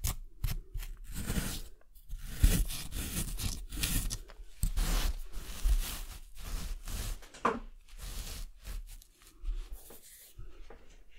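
Hand tools from an excavation kit work at soil and grit in short, irregular bursts of scraping and crunching, with brief pauses between strokes. The sounds are gritty and full, with occasional sharper knocks near two and six seconds.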